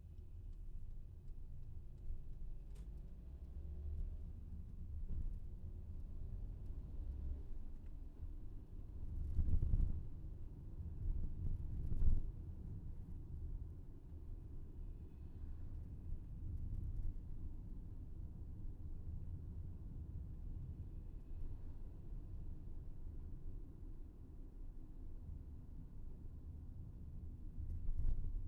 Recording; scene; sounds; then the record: everyday scene through a hearing-aid microphone; in a vehicle; engine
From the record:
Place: VW T5 Caravelle, diesel engine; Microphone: behind the ear, left, rear